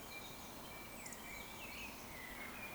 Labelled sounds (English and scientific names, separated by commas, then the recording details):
Eurasian Woodcock (Scolopax rusticola)
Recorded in Baden-Württemberg, Germany, on 16 June 2020 at 19:47 UTC
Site 14569, 102 m above sea level